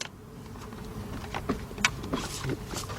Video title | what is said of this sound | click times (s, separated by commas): BMW 545i 645Ci745i 745Li X5 Water Cooled Alternator Replacement | Locked into place. Great. | 1.8 s